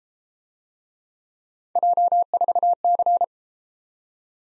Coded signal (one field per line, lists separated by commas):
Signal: Morse code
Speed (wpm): 33 wpm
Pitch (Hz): 700 Hz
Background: none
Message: J4C